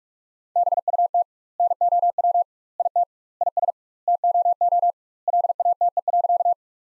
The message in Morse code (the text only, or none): BUT NOW IT IS TOO LATE.